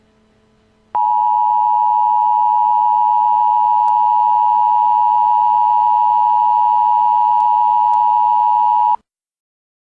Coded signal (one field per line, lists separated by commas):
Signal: Emergency Alert System (SAME) tones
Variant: 853 and 960 Hz attention tone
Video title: I WAS WATCHING @TheWeatherChannel RETRO CAST WHEN THIS POPPED UP!!! 👀… (The EAS is fictional!)